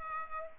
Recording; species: mosquito wingbeat signal from an infrared sensor; Aedes aegypti